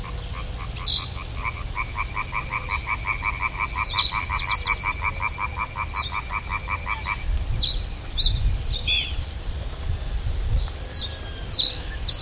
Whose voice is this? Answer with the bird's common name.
Reed Bunting